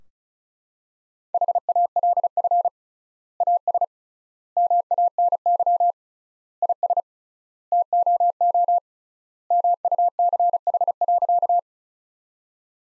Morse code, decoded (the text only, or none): HALF AS MANY IS TOO MUCH.